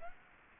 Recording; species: mosquito wingbeat signal from an infrared sensor; Aedes aegypti